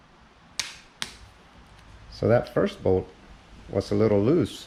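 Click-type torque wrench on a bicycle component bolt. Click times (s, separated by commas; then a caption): 0.6 s, 1.0 s. A Tacklife 1/4-inch click-type torque wrench tightens bicycle component bolts in a crossed pattern and clicks at its set torque, giving two sharp clicks at 0.6 s and 1.0 s. Afterwards someone talks, and the first bolt had been a little loose, so it turned further before the wrench clicked.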